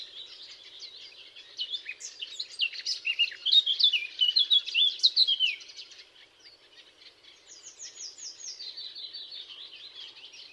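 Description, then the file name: Eurasian blackcap song: a dense, fast warble of varied high notes building to a loud burst, a short pause, then a softer, thinner run of quick high notes. "Sylvia atricapilla"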